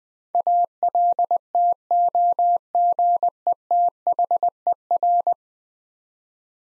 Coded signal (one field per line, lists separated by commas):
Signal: Morse code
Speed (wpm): 21 wpm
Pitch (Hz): 700 Hz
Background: none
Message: ALTOGETHER